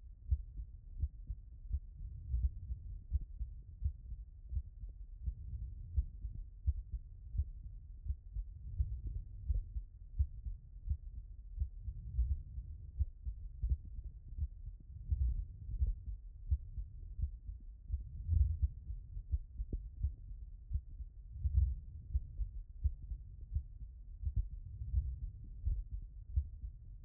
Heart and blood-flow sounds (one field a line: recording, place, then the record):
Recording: heart sounds by stethoscope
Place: aortic valve (AV)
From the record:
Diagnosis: non-HFrEF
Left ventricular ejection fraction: 63%